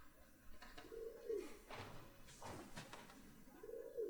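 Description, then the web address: Pigeons cooing: low, soft rolling coos near the start and again at the end, with rustling and scraping noises between them. Pigeons in the roof of a barn. "pidgeons in roof of barn"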